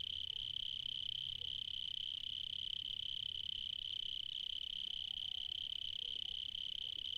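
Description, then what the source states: Cricket, constant high trill without break, a few faint soft chirps from other animals and low hum underneath. Recorded in the evening in Spain.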